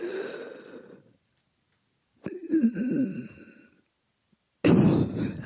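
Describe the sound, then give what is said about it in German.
Heavy, labored panting breaths, three long loud rasping exhalations separated by pauses, each breathy and slightly voiced with a groaning tone. “Bist du das, der so keucht,”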